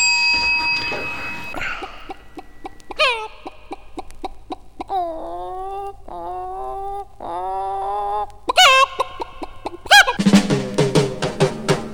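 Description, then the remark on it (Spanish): Hens cluck and cackle in a run of short, nasal, rising calls, loud and bunched together, ending in a busier burst of overlapping squawks. “Todas las gallinas salen a bailar y tan solo una se pone a cantar.”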